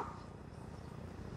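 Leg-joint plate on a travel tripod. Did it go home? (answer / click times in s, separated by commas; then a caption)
no / none. A carbon travel tripod's leg is being folded, with the small plate at the leg joint about to snap into its seat. Only a steady, low handling rustle is heard for 1.4 seconds, with no sharp transients. Nothing has seated or clicked yet.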